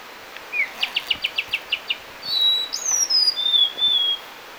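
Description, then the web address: Nilgiri blue robin calling: a rapid series of sharp high chips, followed by several thin, drawn-out whistles that slide downward. "Nilgiri Blue Robin Sholicola major. nilgiri blue robin call"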